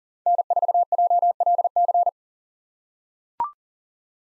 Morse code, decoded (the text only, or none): N4JLC